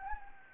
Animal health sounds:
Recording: mosquito wingbeat signal from an infrared sensor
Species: Anopheles gambiae

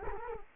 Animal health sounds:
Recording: mosquito wingbeat signal from an infrared sensor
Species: Culex quinquefasciatus

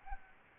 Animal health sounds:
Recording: mosquito wingbeat signal from an infrared sensor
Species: Aedes albopictus

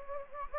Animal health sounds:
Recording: mosquito wingbeat signal from an infrared sensor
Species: Anopheles gambiae

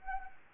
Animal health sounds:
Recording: mosquito wingbeat signal from an infrared sensor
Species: Anopheles arabiensis

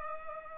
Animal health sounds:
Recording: mosquito wingbeat signal from an infrared sensor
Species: Culex pipiens

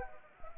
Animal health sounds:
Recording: mosquito wingbeat signal from an infrared sensor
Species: Anopheles arabiensis

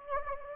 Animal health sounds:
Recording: mosquito wingbeat signal from an infrared sensor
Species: Anopheles gambiae

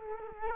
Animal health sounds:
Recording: mosquito wingbeat signal from an infrared sensor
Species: Culex quinquefasciatus

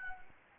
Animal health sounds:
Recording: mosquito wingbeat signal from an infrared sensor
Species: Anopheles gambiae

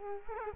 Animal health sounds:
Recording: mosquito wingbeat signal from an infrared sensor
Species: Culex quinquefasciatus

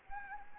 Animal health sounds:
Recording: mosquito wingbeat signal from an infrared sensor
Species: Anopheles gambiae

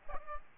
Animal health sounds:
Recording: mosquito wingbeat signal from an infrared sensor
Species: Aedes albopictus

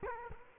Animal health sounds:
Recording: mosquito wingbeat signal from an infrared sensor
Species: Culex quinquefasciatus

